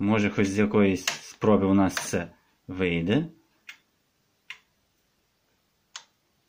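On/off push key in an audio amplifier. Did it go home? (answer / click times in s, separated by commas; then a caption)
yes / 6.0 s. Someone talks, then presses the faulty on/off push key on an audio amplifier several times because it had not been latching, giving short clicks at about 3.7 s and 4.5 s. The last press, at 6.0 s, produces a click as the key latches in the pressed position.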